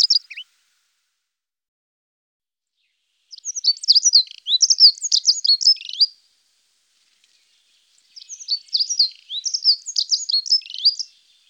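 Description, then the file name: Dunnock delivering two hurried, tinkling song phrases of about three seconds each, separated by a silence of about two seconds, after a brief clipped fragment at the very start. "Heckenbraunelle"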